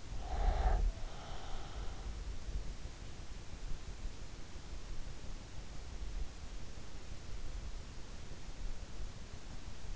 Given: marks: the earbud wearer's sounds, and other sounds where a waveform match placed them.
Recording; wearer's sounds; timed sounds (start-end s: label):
sounds in sleep by an in-ear microphone; snoring breath
0.00-2.99 s: snoring breath